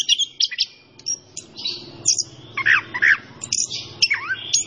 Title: Anis Kembang Gacor. Kicau Mania Masteran Anis Kembang